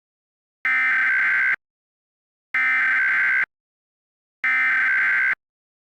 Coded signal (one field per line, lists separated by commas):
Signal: Emergency Alert System (SAME) tones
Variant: header bursts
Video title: EAS Scenario - Baby Shark